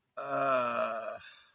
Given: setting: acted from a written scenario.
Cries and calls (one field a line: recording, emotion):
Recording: vocal sound without words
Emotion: sadness